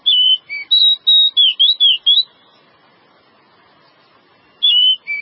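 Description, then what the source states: Java sparrow song: a string of clear, slurred whistles and chips for two seconds, a pause, then the phrase starts again. Chirping.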